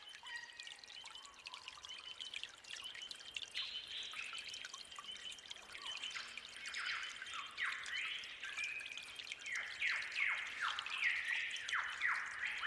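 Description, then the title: Birds singing in a busy chorus, with quick downward-sweeping notes repeated rapidly and thin steady whistles, over a constant trickle of water. Forest birds singing at dawn beside trickling water. "Suara Gemercik Air Dan Kicau Burung Hutan Di Saat Fajar"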